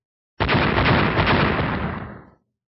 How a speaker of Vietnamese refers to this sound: Tiếng nổ vang ngập trời liên tục không dứt, như muốn chấn vỡ mảnh trời đất này.